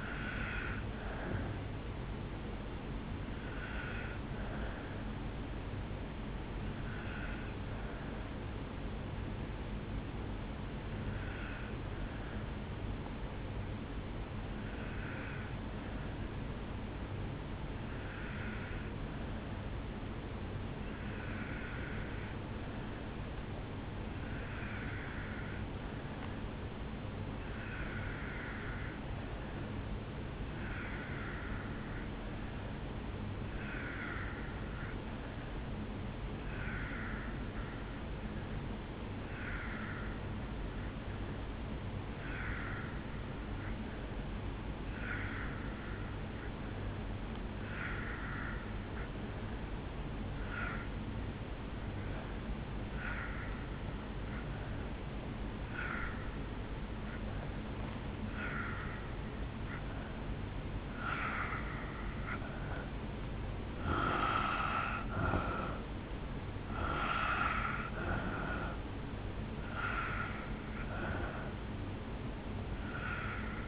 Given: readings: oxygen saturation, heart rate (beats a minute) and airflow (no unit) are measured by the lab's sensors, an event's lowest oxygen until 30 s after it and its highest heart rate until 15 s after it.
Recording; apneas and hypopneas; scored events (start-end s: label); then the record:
breathing in sleep by a voice recorder at the bedside; 1
4.00-62.20 s: obstructive apnea (N1, oxygen 97% highest, then 82% lowest, heart rate 49 at the start, 71 highest)
7.00-73.67 s: new sleep stage, N2 (light sleep)
From the record:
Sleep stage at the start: N1 (lightest sleep); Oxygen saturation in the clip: 81 to 97%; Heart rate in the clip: 49 to 71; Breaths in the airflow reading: 5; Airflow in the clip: -9.2 to 3.6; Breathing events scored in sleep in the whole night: 449 in 7.0 hours asleep